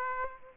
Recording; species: mosquito wingbeat signal from an infrared sensor; Aedes aegypti